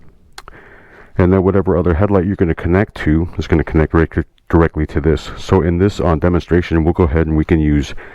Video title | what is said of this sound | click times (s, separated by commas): Surron Light Switch Install | you want to push it until it clicks | 0.4 s